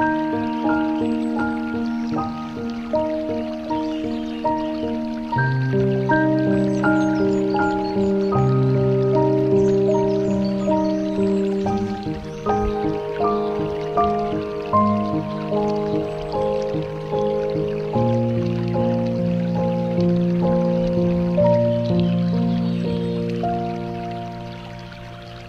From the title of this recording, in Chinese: 大自然与钢琴旋律